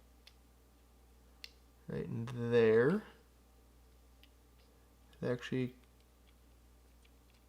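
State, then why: Not seated. A small plastic Lego wheel piece is handled over its mount on a Lego Star Wars AT-ST Raider 75254 brick model, with a few faint light ticks and someone talking. Nothing has seated or clicked into place yet.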